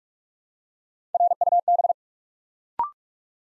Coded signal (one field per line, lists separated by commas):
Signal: Morse code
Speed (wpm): 44 wpm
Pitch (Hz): 700 Hz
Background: none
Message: RUB